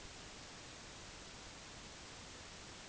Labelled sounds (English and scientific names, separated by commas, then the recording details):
none
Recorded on Arctic tundra, site NAIT-1, on 25 June 2019
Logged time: 10:00